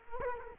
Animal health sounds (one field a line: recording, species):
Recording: mosquito wingbeat signal from an infrared sensor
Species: Culex quinquefasciatus